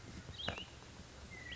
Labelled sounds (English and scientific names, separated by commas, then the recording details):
Cassin's Vireo (Vireo cassinii)
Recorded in Sonoma County, California